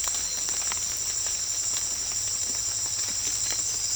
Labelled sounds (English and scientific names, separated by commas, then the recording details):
none
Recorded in secondary vegetation near Puerto Asís, Putumayo, Colombia, on 28 February 2025 at 18:00
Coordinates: 0.484, -76.319
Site G010